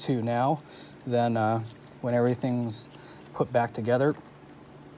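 Someone talks while handling a plastic wiring harness connector on the engine of a 2003 Ford F350 7.3 Power Stroke that has been hard starting when cold. The connector is only being handled here, and nothing has seated or clicked yet.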